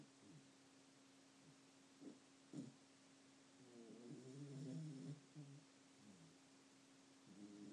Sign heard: Dog snoring.